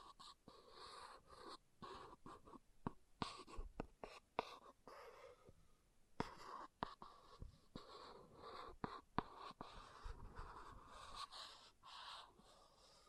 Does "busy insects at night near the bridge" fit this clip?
no